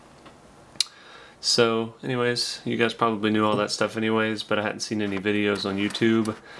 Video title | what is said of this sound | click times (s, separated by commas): Spyderco Para Military 2: Disassembled | and making it a little bit tighter because it's a tight squeeze, the compression lock just kind of locks in place there. | 0.8 s